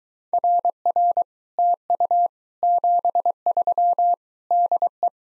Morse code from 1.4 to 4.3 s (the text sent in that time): TU 73